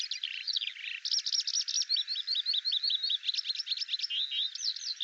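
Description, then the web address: Eurasian skylark singing a hurried, nonstop medley of bright chirps, short trilled bursts and repeated little downslurred whistles. "Deverinetal 2025 File cleaned normalized Bird Al Ar"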